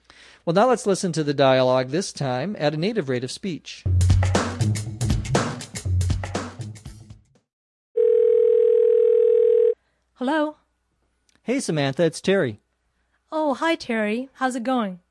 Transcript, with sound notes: Well, now let's listen to the dialogue, this time at a native rate of speech.
(phone rings...) Hello.
Hey, Samantha. It's Terry.
Oh, hi Terry. How's it going?